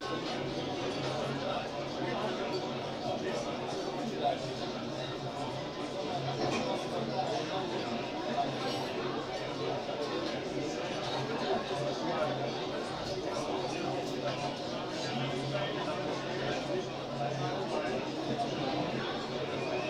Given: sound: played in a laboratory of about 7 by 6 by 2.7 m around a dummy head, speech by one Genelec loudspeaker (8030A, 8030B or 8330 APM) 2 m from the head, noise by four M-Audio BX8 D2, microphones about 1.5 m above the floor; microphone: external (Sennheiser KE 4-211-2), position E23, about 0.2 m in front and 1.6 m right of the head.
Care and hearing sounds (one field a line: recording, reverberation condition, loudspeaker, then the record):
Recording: cafeteria noise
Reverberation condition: low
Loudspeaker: four, about 170 cm from the corners of the room and facing them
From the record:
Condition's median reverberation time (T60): about 310 ms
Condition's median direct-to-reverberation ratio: about 3.5 dB